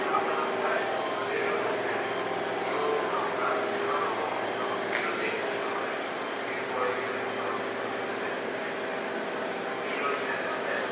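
A Sotetsu 7000 series train runs between Yokohama and Yamato, with a steady, dense rumble and hiss that barely changes across the clip. Faint steady hum tones sit under it, and voices come and go throughout.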